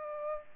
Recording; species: mosquito wingbeat signal from an infrared sensor; Aedes aegypti